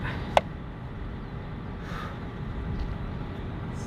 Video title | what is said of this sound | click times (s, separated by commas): Cascadia Hood mirror glass install | click sound. Okay, we're good. | 0.4 s